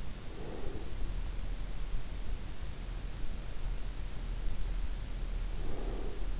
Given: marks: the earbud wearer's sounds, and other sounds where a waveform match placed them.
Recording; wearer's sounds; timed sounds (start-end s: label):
sounds in sleep by an in-ear microphone; breath
0.17-1.28 s: breath
5.49-6.40 s: breath